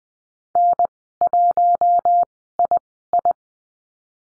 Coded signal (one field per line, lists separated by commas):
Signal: Morse code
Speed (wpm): 20 wpm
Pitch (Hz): 700 Hz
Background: none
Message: N1II